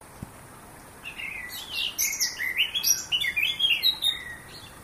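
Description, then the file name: Eurasian blackcap warbling: a rapid, jumbled run of clear and scratchy notes lasting about three seconds over a steady background hiss. "Sylvia atricapilla"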